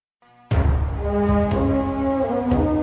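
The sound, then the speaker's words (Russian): Not far off at a station platform, a steam locomotive lets out a long, steady whistle over a loud, continuous rush of hissing steam, preceded by a brief faint tone, with no voices present. “Невдалеке у платформы что-то зашипело, послышался протяжный гудок паровоза.”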